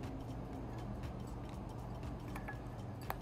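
A wiring connector is worked one-handed into the housing of a replacement pull-chain ceiling fan light switch over a steady low background hum with faint ticks. A fainter tick comes at about 2.4 s. The first connector snaps sharply into place at 3.1 s, fully seated.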